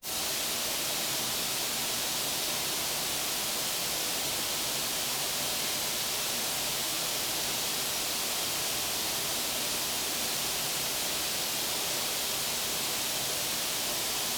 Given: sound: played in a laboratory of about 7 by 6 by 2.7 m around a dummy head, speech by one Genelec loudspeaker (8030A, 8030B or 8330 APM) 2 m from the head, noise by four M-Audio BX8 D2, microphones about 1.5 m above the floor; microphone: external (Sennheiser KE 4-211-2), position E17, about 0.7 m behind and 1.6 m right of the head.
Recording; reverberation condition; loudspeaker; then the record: white noise; high; four, about 170 cm from the corners of the room and facing them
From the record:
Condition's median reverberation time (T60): about 1300 ms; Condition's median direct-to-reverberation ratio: about -4.0 dB